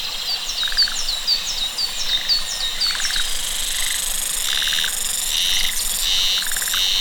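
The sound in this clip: Cicada: rapid slurred chirps and short pulsed trills open, then loud buzzing bursts take over and repeat to the end.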